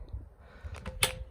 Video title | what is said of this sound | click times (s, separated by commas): Mobility+ Instasplit electric wheelchair disassembly walkthrough | and locks in. You've you heard it click there. | 1.0 s